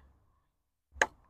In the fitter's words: pops off as well for washing you can pop that into the dishwasher